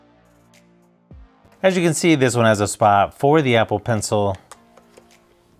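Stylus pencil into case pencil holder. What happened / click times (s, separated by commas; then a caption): A small part is handled but not yet seated; no seating click is heard / none. A stylus pencil is handled near the pencil slot of a sage green folio stand cover case for an iPad 10.2" (9th Gen), with soft background music. Someone talks, and a faint tap comes at about 1.1 s with another small tick near 4.8 s. Nothing has seated or clicked into place yet.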